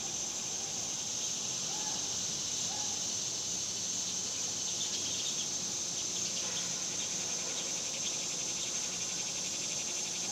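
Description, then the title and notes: Cicada song as a relentless high shimmering buzz, even in loudness, with a couple of faint chirps early and a soft low hum in the background. Summer; suburbs; outdoor recording of several cicadas. "Ext Summer Cicadas, Suburbs by Bandeto"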